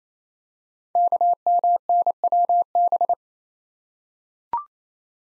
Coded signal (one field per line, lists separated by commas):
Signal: Morse code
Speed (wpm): 28 wpm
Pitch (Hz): 700 Hz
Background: none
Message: KMNWB